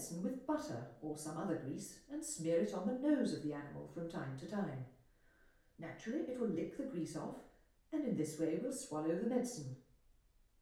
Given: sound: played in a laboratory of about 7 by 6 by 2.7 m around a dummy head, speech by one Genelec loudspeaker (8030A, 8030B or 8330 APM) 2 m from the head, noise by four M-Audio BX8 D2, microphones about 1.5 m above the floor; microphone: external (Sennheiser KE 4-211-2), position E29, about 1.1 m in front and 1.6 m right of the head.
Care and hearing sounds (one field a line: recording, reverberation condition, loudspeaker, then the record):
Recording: female speech in English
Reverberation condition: medium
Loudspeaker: 60 degrees to the left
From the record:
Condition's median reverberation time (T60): about 510 ms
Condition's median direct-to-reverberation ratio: about -0.5 dB